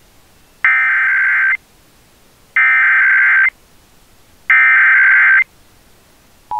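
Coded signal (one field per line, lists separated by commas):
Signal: Emergency Alert System (SAME) tones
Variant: header bursts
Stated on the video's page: Fictional EAS scenario with added loud sound effects.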